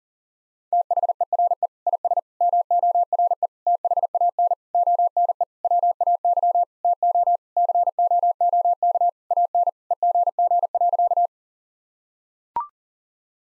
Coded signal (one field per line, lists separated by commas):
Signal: Morse code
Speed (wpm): 40 wpm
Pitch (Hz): 700 Hz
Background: none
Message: THERE IS MORE THAN ONE WAY TO COOK AN EGG.